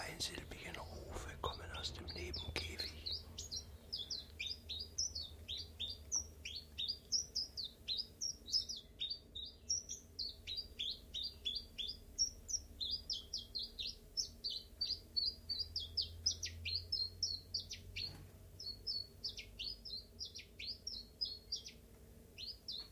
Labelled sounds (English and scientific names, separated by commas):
Common Chiffchaff (Phylloscopus collybita)